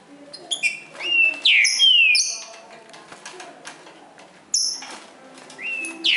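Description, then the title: Green-winged saltator delivering a short burst of bright slurred whistles, then a quieter gap before more phrases near the end. In the forest, singing in contest with a free-living wild bird. "Trinca Ferro NICÃ O No Mato Disputando Com Solto"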